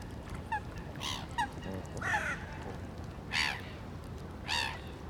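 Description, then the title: Goose: loud harmonic honks at irregular intervals, with a few shorter, softer calls between them. Geese on a pond in Brussels, Belgium; passers-by throw bread to them. "Bois de la Cambre, Bruxelles, Belgique - Oies et mouettes sur l'étang."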